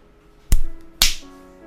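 Two loud, sharp slaps crack out about half a second apart, each a hard smack with a brief sting, followed by a faint sustained tone underneath.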